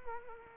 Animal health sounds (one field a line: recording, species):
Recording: mosquito wingbeat signal from an infrared sensor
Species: Culex quinquefasciatus